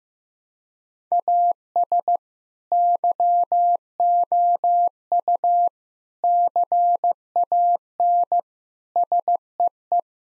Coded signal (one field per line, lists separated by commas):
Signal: Morse code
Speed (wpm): 15 wpm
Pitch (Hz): 700 Hz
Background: none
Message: AS YOU CAN SEE